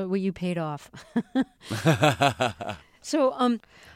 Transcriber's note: soundbite of laughter